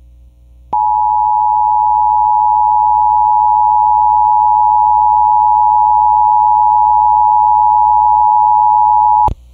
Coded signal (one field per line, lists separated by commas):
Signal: Emergency Alert System (SAME) tones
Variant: 853 and 960 Hz attention tone